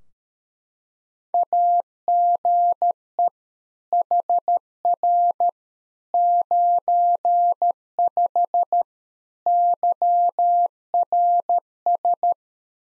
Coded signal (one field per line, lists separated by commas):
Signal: Morse code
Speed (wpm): 13 wpm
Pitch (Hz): 700 Hz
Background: none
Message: AGE HR 95 YRS